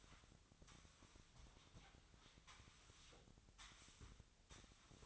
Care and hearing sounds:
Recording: daily activity, microphone in the room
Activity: sweep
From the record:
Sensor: 3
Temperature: 24.8 degrees Celsius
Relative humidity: 38.3%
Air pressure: 1003.1 hPa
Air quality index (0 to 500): 196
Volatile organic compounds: 6 ppm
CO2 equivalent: 1913 ppm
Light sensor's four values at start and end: 17/42/18/19 and 18/43/18/19

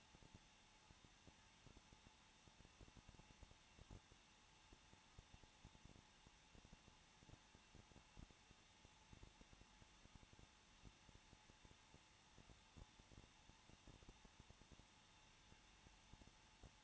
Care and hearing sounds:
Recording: daily activity, microphone in the room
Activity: no activity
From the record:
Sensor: 1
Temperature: 20.0 degrees Celsius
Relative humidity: 39.5%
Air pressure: 1006.4 hPa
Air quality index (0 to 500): 219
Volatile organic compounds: 83 ppm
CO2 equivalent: 3629 ppm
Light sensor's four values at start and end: 1/2/1/1 and 1/2/1/1

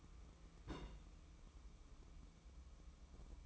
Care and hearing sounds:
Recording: daily activity, microphone in the room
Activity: place on stove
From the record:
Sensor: 1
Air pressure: 1008.2 hPa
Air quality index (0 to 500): 137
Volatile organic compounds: 2 ppm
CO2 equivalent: 1150 ppm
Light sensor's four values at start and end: 8/18/7/8 and 8/18/7/8

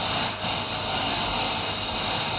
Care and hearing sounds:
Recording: daily activity, microphone in the room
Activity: vacuum cleaning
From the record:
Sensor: 2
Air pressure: 1010.1 hPa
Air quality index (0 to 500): 162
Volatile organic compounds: 7 ppm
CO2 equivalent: 2030 ppm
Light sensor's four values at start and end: 37/90/40/45 and 37/91/40/45

